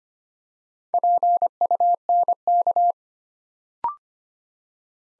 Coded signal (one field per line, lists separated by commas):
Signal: Morse code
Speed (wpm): 25 wpm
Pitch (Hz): 700 Hz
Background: none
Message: PUNK